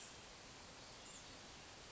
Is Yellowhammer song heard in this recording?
no